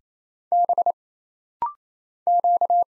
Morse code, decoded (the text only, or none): B Q